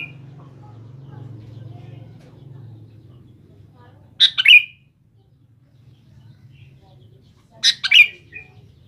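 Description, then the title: Sooty-headed bulbul gives two brief liquid phrases about three and a half seconds apart after a stretch of low hum. "Kutilang"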